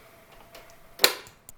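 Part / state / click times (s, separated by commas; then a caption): brewing group into espresso machine / seated / 1.0 s. A removable plastic brewing group that was rinsed and dried is pushed firmly back into a Philips LatteGo 5400 series espresso machine. Faint scraping builds to a sharp click at 1.0 s as the group seats into place, followed by a small tick at 1.5 s.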